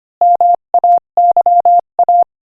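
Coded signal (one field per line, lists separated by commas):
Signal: Morse code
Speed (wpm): 24 wpm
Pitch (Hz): 700 Hz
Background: none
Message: MAYA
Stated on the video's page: Morse code practice at 25 wpm, sending an inspirational quotation.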